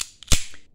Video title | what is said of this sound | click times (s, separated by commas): Rock Island Armory M206 Review Part 2/ in Conclusion | functioning flawlessly even here you could hear it locks up strongly every single time it's | 0.3 s